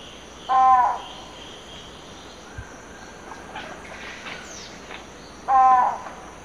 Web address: Natures Songs S America Eastern Lowlands. Electron platyrhynchum, song